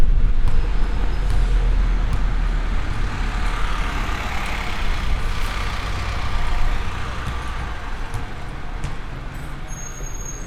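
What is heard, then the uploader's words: A walk through a city street, filled with a steady, dense roar of traffic and a deep engine rumble. A vehicle swells past around the middle, and the noise eases slightly toward the end, where a faint high whine appears. Binaural Roman City Walk | City of Bath. Walk through the historic city of Bath.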